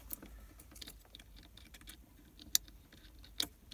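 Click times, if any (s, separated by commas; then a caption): 2.6 s. A second plastic harness connector is pushed into the USB/CarPlay interface module during a 2016 Lincoln MKC Apple CarPlay upgrade. Light rustling and handling taps run throughout, then a sharp, loud snap at 2.6 s seats the connector, followed by another sharp click at 3.4 s.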